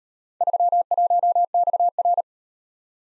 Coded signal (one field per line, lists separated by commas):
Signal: Morse code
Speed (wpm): 37 wpm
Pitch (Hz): 700 Hz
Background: none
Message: 31XR